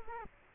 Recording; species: mosquito wingbeat signal from an infrared sensor; Culex quinquefasciatus